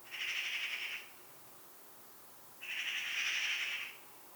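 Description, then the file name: Eurasian magpie giving harsh, rasping chatter: two noisy rattling bursts of about a second each, separated by a pause of over a second, with no other clear sounds. "Pica pica"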